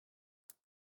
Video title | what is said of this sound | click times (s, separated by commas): Pembuatan Kabel Lan Straight Dengan Kabel Lan Cat5e dan RJ45 | Oke, kalau sudah kita tekan sampai bunyi klek | 0.5 s